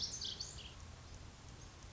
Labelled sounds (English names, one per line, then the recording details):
Pacific Wren
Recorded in Sonoma County, California